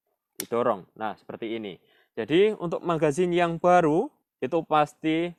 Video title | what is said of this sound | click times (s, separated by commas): mimis Doble, Mimis macet, magazine tak bisa dilepas | langsung kita masukkan ke dalam unit senapannya Sampai bunyi klik didorong | 0.4 s